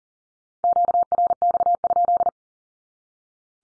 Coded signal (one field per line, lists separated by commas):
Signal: Morse code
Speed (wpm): 40 wpm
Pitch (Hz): 700 Hz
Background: none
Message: QRX?